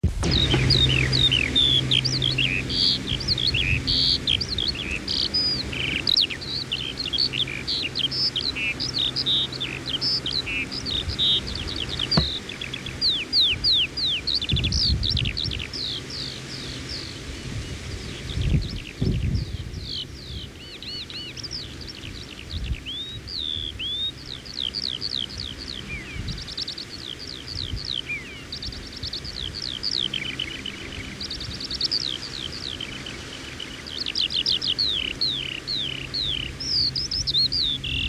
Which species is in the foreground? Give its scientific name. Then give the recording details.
Alauda arvensis. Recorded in the wild. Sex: male. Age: adult. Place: Wreechen, Insel Rügen, Mecklenburg-Vorpommern, DE. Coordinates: 54.3397, 13.4614. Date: 1979-06-27. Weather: overcast, 16°C. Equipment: ITT Schaub-Lorenz Studio Recorder 72, Verstärker, MD 421 HL, Reflektor, Kopie Uher 4200 Report. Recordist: Tembrock, Günter. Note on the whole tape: Bei Wreechen: Fluggesang, fliegt dann zu Boden